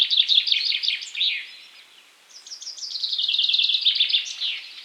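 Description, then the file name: Common chaffinch, two bright phrases of quick repeated notes descending in pitch, with a short quiet gap between them. "Fringilla coelebs"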